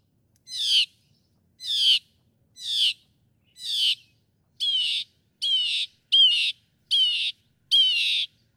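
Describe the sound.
Northern mockingbird song: harsh raspy notes repeated in a steady series, shifting midway to buzzier, richer repeated phrases.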